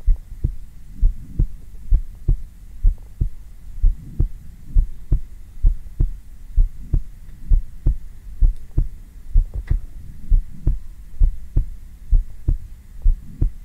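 Calming heart sounds: a steady heartbeat heard directly on bare skin, picked up with a black 3Dio binaural microphone.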